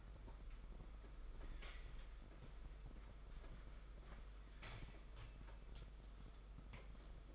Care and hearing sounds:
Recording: daily activity, microphone in the room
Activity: walk to room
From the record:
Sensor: 5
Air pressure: 991.2 hPa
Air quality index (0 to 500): 94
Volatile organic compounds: 13 ppm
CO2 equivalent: 2380 ppm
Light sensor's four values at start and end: 35/117/44/47 and 34/114/43/45

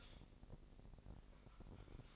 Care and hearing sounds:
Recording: daily activity, microphone in the room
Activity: typing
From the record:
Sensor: 5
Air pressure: 1007.7 hPa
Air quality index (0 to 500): 95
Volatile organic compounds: 1 ppm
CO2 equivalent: 748 ppm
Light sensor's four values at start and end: 42/99/41/43 and 42/99/41/43

